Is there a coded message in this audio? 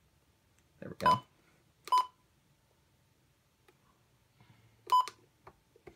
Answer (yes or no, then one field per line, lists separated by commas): no